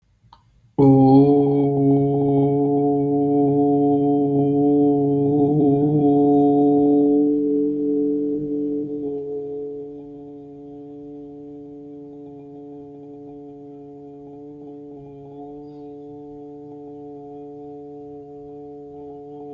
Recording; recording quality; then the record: sustained vowel as in boot; excellent, no background noise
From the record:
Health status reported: healthy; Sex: male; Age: 25 years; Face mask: not worn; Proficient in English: yes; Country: India